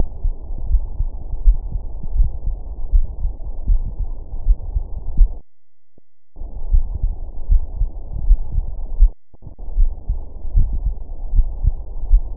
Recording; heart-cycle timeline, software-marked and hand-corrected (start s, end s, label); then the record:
heart sounds
0.00	0.08	S1
0.08	0.24	systole
0.24	0.34	S2
0.34	0.68	diastole
0.68	0.82	S1
0.82	0.98	systole
0.98	1.08	S2
1.08	1.44	diastole
1.44	1.58	S1
1.58	1.74	systole
1.74	1.82	S2
1.82	2.16	diastole
2.16	2.30	S1
2.30	2.46	systole
2.46	2.56	S2
2.56	2.92	diastole
2.92	3.04	S1
3.04	3.22	systole
3.22	3.32	S2
3.32	3.68	diastole
3.68	3.82	S1
3.82	4.00	systole
4.00	4.10	S2
4.10	4.46	diastole
4.46	4.56	S1
4.56	4.72	systole
4.72	4.82	S2
4.82	5.16	diastole
5.16	5.30	S1
5.30	5.48	systole
5.48	5.56	S2
5.56	5.96	diastole
5.96	6.04	S1
6.04	6.22	systole
6.22	6.30	S2
6.30	6.70	diastole
6.70	6.84	S1
6.84	7.02	systole
7.02	7.14	S2
7.14	7.50	diastole
7.50	7.62	S1
7.62	7.78	systole
7.78	7.88	S2
7.88	8.24	diastole
8.24	8.38	S1
8.38	8.54	systole
8.54	8.64	S2
8.64	8.98	diastole
8.98	9.10	S1
9.10	9.28	systole
9.28	9.36	S2
9.36	9.76	diastole
9.76	9.90	S1
9.90	10.08	systole
10.08	10.18	S2
10.18	10.54	diastole
10.54	10.68	S1
10.68	10.84	systole
10.84	10.94	S2
10.94	11.34	diastole
11.34	11.46	S1
11.46	11.62	systole
11.62	11.74	S2
11.74	12.10	diastole
12.10	12.24	S1
12.24	12.37	systole
From the record:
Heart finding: coronary artery disease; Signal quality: good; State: rest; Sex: female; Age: 80 years